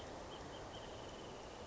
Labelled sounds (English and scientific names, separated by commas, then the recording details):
Wrentit (Chamaea fasciata)
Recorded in Sonoma County, California